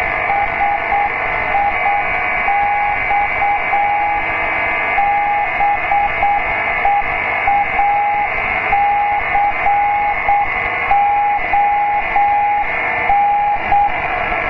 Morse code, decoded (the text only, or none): SIX BEACON